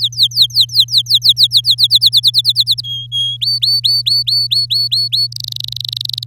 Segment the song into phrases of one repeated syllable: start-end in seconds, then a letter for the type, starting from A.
0.01-1.75 A, 1.77-2.81 B, 2.83-3.37 C, 3.41-5.27 D, 5.32-6.24 E